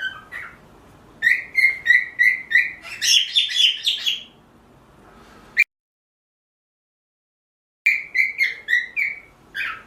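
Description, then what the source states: Cockatiel calls in rapid runs of short, bright chirps, several per second, broken by a silent gap before another quick series of similar notes. Pearl cockatiel.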